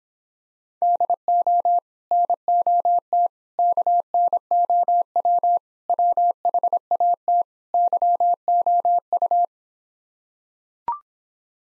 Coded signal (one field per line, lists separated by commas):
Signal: Morse code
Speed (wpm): 26 wpm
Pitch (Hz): 700 Hz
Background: none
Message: DO NOT KNOW WHAT YOU